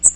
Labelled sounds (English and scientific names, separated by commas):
Magnolia Warbler (Setophaga magnolia) flight call